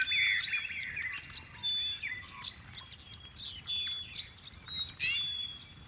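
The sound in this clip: Honeyeaters singing in a crowded chorus of bright, tumbling notes and short whistles, loudest at the start and again near the end.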